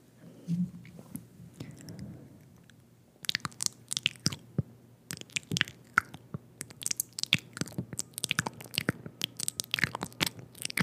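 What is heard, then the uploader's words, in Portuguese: Intense wet mouth sounds, quiet and sparse for the first three seconds with a few low murmurs and soft clicks. From about three seconds on, dense, rapid crackly smacks and crunchy bites pile up in irregular bursts, bright and sharp, continuing to the end. ASMR intenso com sons de boca molhados.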